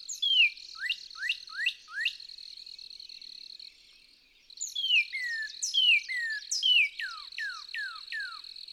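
Northern cardinal singing a run of several downslurred whistles, then after a pause a longer mixed series of falling whistled notes; high buzzing tone behind.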